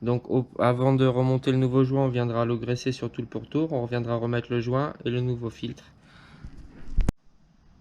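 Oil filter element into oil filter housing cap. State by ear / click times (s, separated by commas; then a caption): seated / 7.0 s, 7.1 s. A new paper oil filter element with its new greased seal is pushed onto the plastic oil filter housing cap of a Peugeot 206 1.6 16v during an oil change. Someone talks for most of the clip, then two sharp clicks are heard at 7.0 s and 7.1 s as the element clips into the cap and seats.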